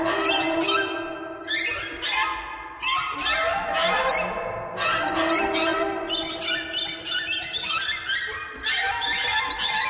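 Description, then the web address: Bird calls, loud scratchy squeaks fired off in quick irregular bursts that overlap constantly. "soundfactory birds"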